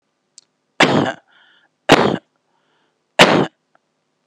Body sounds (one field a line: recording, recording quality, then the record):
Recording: shallow voluntary cough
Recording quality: excellent, no background noise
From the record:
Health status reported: healthy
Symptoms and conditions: hypertension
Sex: male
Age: 49 years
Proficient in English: yes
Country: India